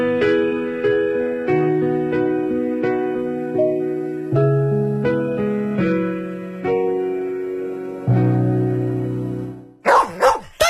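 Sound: dog barking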